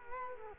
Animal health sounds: mosquito wingbeat signal from an infrared sensor; Culex quinquefasciatus

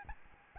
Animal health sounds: mosquito wingbeat signal from an infrared sensor; Aedes albopictus

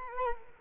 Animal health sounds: mosquito wingbeat signal from an infrared sensor; Culex quinquefasciatus

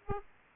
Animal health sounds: mosquito wingbeat signal from an infrared sensor; Aedes aegypti

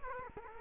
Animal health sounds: mosquito wingbeat signal from an infrared sensor; Culex quinquefasciatus

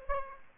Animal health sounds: mosquito wingbeat signal from an infrared sensor; Aedes aegypti

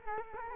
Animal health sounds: mosquito wingbeat signal from an infrared sensor; Culex quinquefasciatus

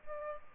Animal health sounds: mosquito wingbeat signal from an infrared sensor; Aedes albopictus

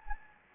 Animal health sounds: mosquito wingbeat signal from an infrared sensor; Anopheles gambiae

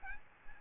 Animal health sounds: mosquito wingbeat signal from an infrared sensor; Aedes albopictus

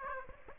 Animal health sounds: mosquito wingbeat signal from an infrared sensor; Aedes aegypti

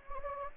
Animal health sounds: mosquito wingbeat signal from an infrared sensor; Anopheles gambiae

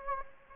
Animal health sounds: mosquito wingbeat signal from an infrared sensor; Anopheles gambiae

